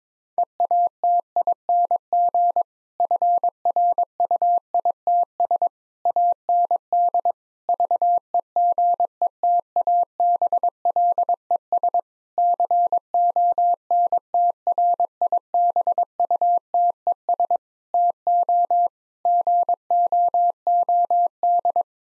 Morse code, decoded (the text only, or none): EATING FRUITS AND VEGETABLES CONTRIBUTES TO GOOD